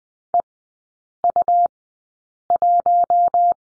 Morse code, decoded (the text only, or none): EU1